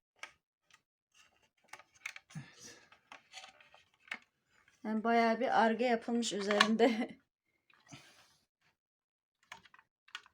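A Dyson V12 cordless stick vacuum is handled near its plastic wall-mounted charging dock, with scattered short sharp taps and clicks while someone talks through the middle of the clip. Nothing has seated or clicked into the dock yet.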